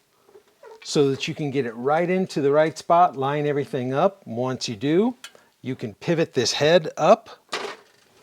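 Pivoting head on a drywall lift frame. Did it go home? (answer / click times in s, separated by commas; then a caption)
yes / 7.5 s. Someone talks as the pivoting head of a steel drywall lift is swung up. At 7.5 s it locks into place with a short, sharp metallic clunk, seating the head in position.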